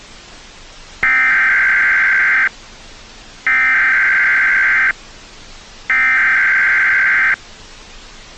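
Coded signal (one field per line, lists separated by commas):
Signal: Emergency Alert System (SAME) tones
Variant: header bursts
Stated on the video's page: Fictional EAS scenario teaser.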